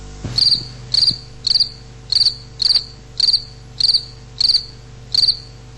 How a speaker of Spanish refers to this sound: ¿Usted dice una manifestación de grillos? Escuche. Según el diario, según el diario Clarín, ¿los grillos están en contra del gobierno? Sí, y según el diario Clarín había 4.000 grillos.